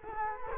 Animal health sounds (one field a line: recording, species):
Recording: mosquito wingbeat signal from an infrared sensor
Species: Culex quinquefasciatus